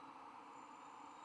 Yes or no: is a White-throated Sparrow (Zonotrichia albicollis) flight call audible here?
no